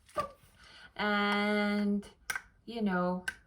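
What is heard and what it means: A removable plastic day compartment of a weekly AM/PM pill organizer is handled as it is brought back toward its plastic tray, with a few brief soft knocks heard while someone talks. The clip ends before the compartment goes home; nothing has seated or clicked yet.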